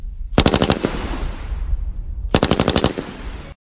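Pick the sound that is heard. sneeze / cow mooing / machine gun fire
machine gun fire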